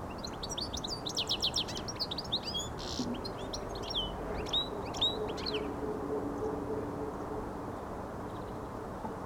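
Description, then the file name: European goldfinch song, a lively burst of rapid twitters and buzzy trills that thins out after a few seconds, leaving low steady background hum. "Carduelis carduelis"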